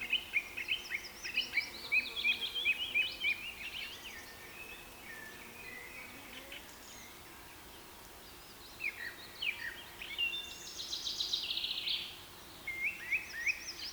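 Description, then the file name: Bird chorus of rapid high chirps and trills, several birds overlapping, a lull midway, then a dense burst of buzzy trilling and a few more chirps. Rain forest habitat. "KPR Sounds - Rain Forest Bird Sounds"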